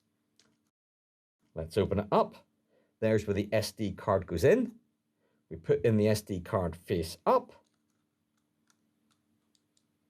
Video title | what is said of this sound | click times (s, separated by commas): Zoom h5 2 | we hear nice little click and now we've got | 9.5 s